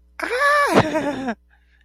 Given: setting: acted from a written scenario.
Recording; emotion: vocal sound without words; elation